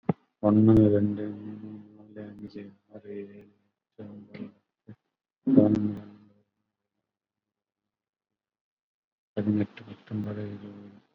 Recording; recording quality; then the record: counting at a fast pace; moderate, slight background noise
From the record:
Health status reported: COVID-19 positive, no symptoms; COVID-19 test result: positive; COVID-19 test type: RT-PCR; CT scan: not taken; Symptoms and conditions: hypertension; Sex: male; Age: 69 years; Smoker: no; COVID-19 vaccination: none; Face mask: not worn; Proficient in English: no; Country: India